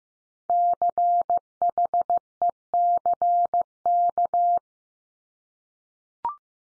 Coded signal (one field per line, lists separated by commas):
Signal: Morse code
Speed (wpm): 15 wpm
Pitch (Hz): 700 Hz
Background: none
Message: CHECK